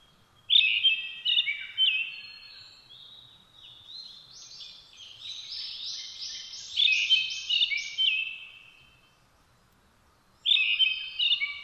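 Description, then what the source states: Brown-headed thrush repeating its song: loud whistled notes mixed with high chittering, and another phrase beginning near the end. Recorded 17 June 2009 at 06:48 in the morning.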